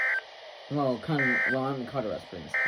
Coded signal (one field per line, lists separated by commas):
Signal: Emergency Alert System (SAME) tones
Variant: end-of-message bursts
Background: speech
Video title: Eas #178 severe thunderstorm warning ⛈️🌩️